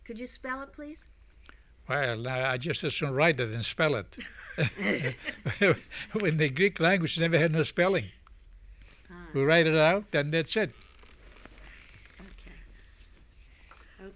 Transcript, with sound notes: Could you spell it?
Well, I'd just assume write it that spell it. (they laugh) In the Greek language we never had no spelling.
Ah.
Write it out, then that's it.
Okay.